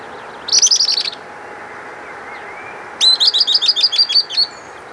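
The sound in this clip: Bird calling in quick high-pitched chattering bursts, first a short run of rapid notes, then a longer series of about ten sharp notes, over steady background hiss.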